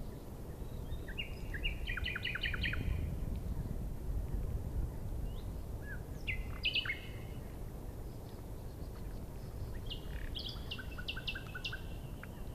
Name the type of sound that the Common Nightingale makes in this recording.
song